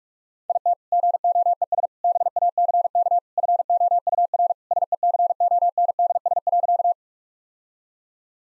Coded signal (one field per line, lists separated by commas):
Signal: Morse code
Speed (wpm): 46 wpm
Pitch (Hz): 700 Hz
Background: none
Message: IT GOES BACK FOUR SECONDS.